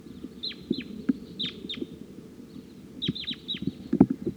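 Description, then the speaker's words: Crossbill calls, short sharp downward-slurred notes, single and in quick clusters, over a low rumbling background with occasional knocks. Wild bird up in a tree, attracted in by tube calls played on tape. "Crossbill's on the scene here. Wild bird up in the tree."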